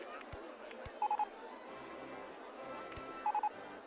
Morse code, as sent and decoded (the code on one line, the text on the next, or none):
none